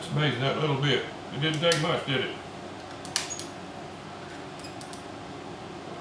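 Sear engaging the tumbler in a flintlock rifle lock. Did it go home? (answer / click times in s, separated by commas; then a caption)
partly / 3.2 s. Someone talks while fitting and adjusting the lock on a Tennessee Mountain muzzleloading rifle being converted to flintlock, then works the mechanism so the sear engages the tumbler. A sharp click sounds at 3.2 s, followed by a fainter tick at 3.4 s. The click is not yet a good solid one, so the sear is not engaging the tumbler cleanly.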